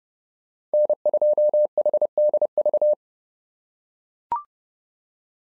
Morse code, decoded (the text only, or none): N2HDV